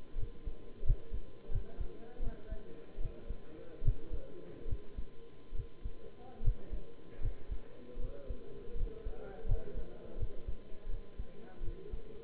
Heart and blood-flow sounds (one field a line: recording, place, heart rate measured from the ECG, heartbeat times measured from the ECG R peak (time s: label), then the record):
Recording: heart sounds by stethoscope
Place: between the tricuspid and mitral areas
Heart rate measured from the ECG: 79 bpm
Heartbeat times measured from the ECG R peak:
0.17 s: heartbeat
0.84 s: heartbeat
1.50 s: heartbeat
2.21 s: heartbeat
2.99 s: heartbeat
3.83 s: heartbeat
4.67 s: heartbeat
5.54 s: heartbeat
6.42 s: heartbeat
7.20 s: heartbeat
7.98 s: heartbeat
8.75 s: heartbeat
9.46 s: heartbeat
10.17 s: heartbeat
10.88 s: heartbeat
11.62 s: heartbeat
From the record:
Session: bicycle stress test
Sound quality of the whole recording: good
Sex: male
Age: 23 years